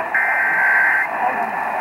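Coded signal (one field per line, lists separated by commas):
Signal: Emergency Alert System (SAME) tones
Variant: header bursts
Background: speech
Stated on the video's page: Real EAS test alerts captured in October 2021.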